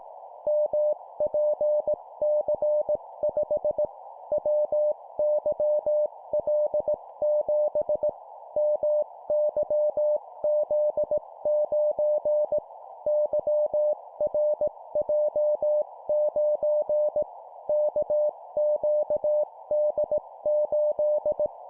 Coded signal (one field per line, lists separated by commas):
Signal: Morse code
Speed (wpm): 18 wpm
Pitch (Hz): 600 Hz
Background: none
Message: MPC5 WYL7 MYZ9 YRJ9 KQD8